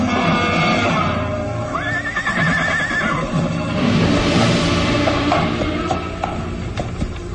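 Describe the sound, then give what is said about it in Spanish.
A horse lets out a loud, wavering whinny that rises and falls in pitch over a couple of seconds, followed by snorting and a few hoof clops on hard ground, as Antífano pulls on its reins, ordering it to stop on arriving at the swamps. “Antífano tira de las riendas del caballo, ordenándole detenerse.”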